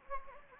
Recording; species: mosquito wingbeat signal from an infrared sensor; Anopheles gambiae